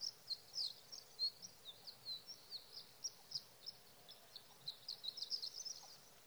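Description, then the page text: Sage thrasher pouring out a long warble of high, varied notes, fast and jumbled, becoming denser toward the end; light steady hiss underneath. Male singing at night near his night roost, evenings of June 12 to mornings of June 15, 2018, Sierra Valley, California; night songs; recorded with a Swift recorder. "Sage thrasher songs, through the night. in Sierra Valley, California"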